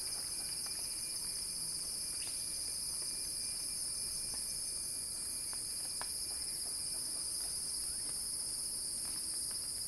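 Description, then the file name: Continuous high-pitched cicada drone, even and unbroken, with sparse soft ticks underneath. Cicada song building in a crescendo. "earth-fm Axel-Drioli Cicada-Crescendo-Sounding-Wild"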